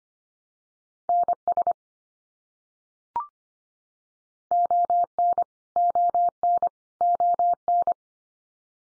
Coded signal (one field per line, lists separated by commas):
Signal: Morse code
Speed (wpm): 24 wpm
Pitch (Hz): 700 Hz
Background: none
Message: NS ON ON ON